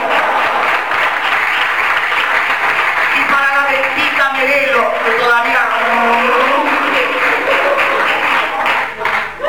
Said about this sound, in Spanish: Aplausos para la concha de tu madre.